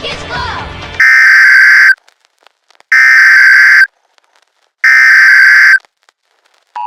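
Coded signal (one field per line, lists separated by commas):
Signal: Emergency Alert System (SAME) tones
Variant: header bursts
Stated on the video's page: Fictional simulated EAS scenario based on a Wireless Emergency Alert hoax.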